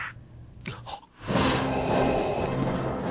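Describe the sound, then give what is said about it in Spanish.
A voice imitates heavy, mechanical respirator breathing: a short breathy intake, then a long, loud, raspy hiss of air that holds steady for nearly two seconds. “Mientras habla, se sigue oyendo la respiración.”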